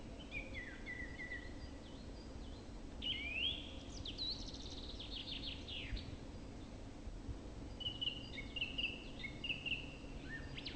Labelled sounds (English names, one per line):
Song Thrush song